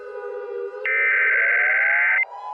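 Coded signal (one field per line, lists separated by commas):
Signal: Emergency Alert System (SAME) tones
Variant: header bursts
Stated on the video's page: Fictional EAS scenario with valid EAS tones.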